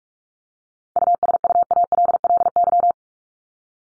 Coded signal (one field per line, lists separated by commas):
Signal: Morse code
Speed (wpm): 44 wpm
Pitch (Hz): 700 Hz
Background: none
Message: USUALLY